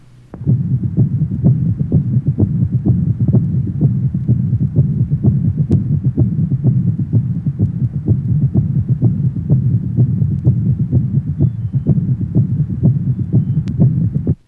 Age 52, recent cardiac infarction with mid-diastolic gallop rhythm mitral area.